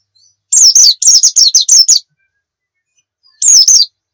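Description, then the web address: White-eye song: a burst of high, fast, descending slurred notes, a pause over a second long, then one more similar phrase. Muria white-eye; recording used for training (masteran) songbirds. "pleci muria. masteran pleci"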